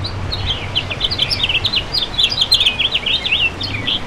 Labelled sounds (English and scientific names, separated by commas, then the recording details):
House Finch (Haemorhous mexicanus) song
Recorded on Long Island, New York, on 7 June 2011
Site MV
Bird C